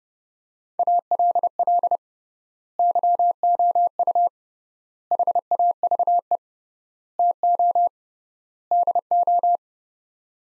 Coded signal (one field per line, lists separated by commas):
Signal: Morse code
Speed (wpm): 30 wpm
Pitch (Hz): 700 Hz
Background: none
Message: ALL YOU HAVE TO DO